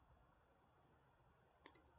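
On the second try, a servo lead plug for an FMS Easy Trainer 1280mm 3S 4-channel powered glider PNP is pushed into the Y-harness connector, yellow to yellow and brown to brown. After a low steady background, the plastic latch gives a sharp click at 1.7 s, followed by a couple of faint ticks. The plug is seated and locked.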